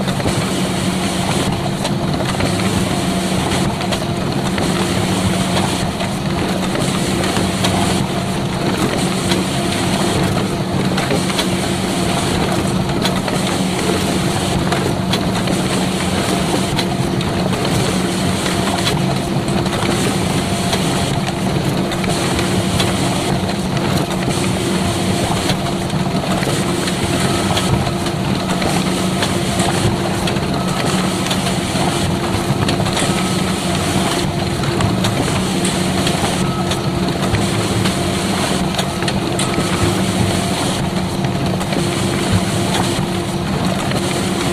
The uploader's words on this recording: Laser printer and photocopier recorded by Dan Bodah in April 2009, Brooklyn NY. Printing and photocopying.